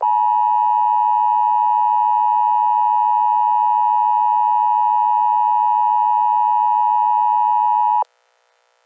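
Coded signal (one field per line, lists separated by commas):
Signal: Emergency Alert System (SAME) tones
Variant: 853 and 960 Hz attention tone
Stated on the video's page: Simulated EAS scenario made for fun; SAME tones may or may not be valid.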